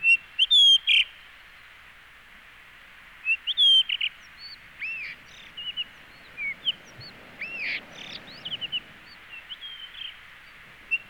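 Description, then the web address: Blue rock thrush singing a varied run of clear whistled notes, slurred upward and downward swoops and short chirps, closely strung over about eleven seconds apart from a pause of about two seconds near the start. Recorded at Chikushi, Japan, on 11 May 2018. "chikushishou bird watching club 2018 5 11 isohiyodori"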